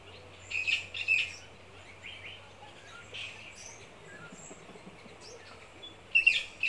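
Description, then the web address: Birds calling: squawky chirps at the start and end, with scattered softer chirps and whistles from several birds between. Rainforest birds. "Vogels - Regenwoud. KMP Film Video Sound Effects"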